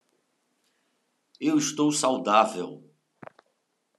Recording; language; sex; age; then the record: short text; Brazilian Portuguese; male; 40 to 49 years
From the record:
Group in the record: control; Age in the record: 44 years